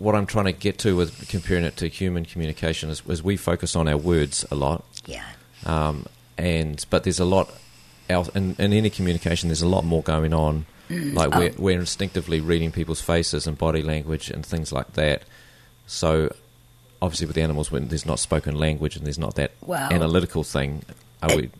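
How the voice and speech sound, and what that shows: Low-pitched adult male voice speaking fluently at a relaxed conversational pace with brief natural pauses; ordinary voice.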